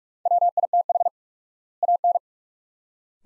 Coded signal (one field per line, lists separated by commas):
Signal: Morse code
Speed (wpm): 43 wpm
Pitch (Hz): 700 Hz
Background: none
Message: WITH AN